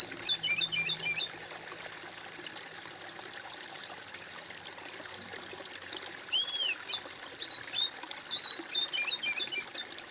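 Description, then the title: Bird song: soft high chips at the start, a pause of hiss, then an arched whistle leading into quick bright warbled notes. "kOMPILASI suara bird"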